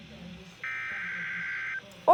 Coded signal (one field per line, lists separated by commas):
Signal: Emergency Alert System (SAME) tones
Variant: header bursts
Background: speech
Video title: COASTAL FLOOD WARNING ON WX! (EAS #6)